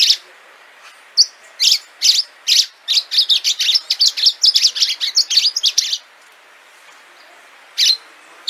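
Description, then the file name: Orange-fronted yellow finch delivering a dense stretch of rapid, high chirping notes for about five seconds, then a pause and a couple of short final bursts. "canto do canario do amazonas"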